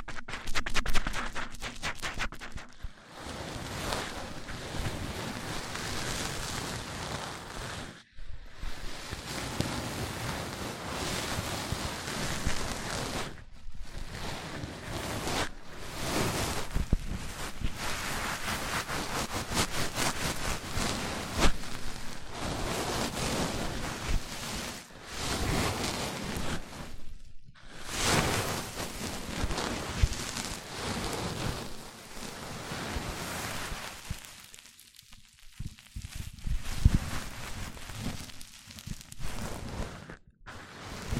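Close mic-on-mic handling, with dense rustling and rubbing sounds that fill the whole range from low rumble to bright hiss. The scraping is nearly continuous, broken by brief silent gaps around 3, 8, 14, 27 and 35 seconds.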